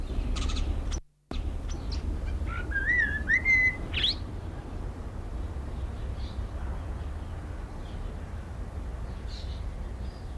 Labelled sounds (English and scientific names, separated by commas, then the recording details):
Snowy-crowned Robin-Chat (Cossypha niveicapilla)
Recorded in captivity
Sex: male
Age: adult
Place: Zoo Berlin, Berlin, DE
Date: 1994-05-28 11:25
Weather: bedeckt, 12-15°C
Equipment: Marantz CP 430, Sennheiser ME 80, Kopie Uher Variocord 263
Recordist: Tembrock, Günter
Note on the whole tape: Gesang - Entfernung 1 m